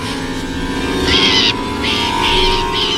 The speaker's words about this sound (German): In Deckung, Vorsicht, der Vogel greift uns an. Auf den Boden.